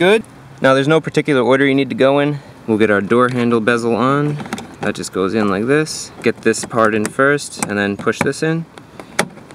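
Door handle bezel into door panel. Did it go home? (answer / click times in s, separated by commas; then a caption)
yes / 9.2 s. Someone talks while a plastic interior door handle bezel on a 2001–2005 Toyota RAV4 door panel is hooked in at one end and then pushed home. A sharp click at 9.2 s is the bezel seating into the door panel.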